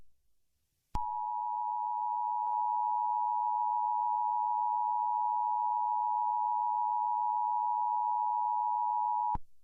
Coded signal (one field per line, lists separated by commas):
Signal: Emergency Alert System (SAME) tones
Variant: 853 and 960 Hz attention tone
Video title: EAS Mock - Oregon RMT 2011 recreation in 2020